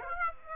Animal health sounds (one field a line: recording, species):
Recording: mosquito wingbeat signal from an infrared sensor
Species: Aedes aegypti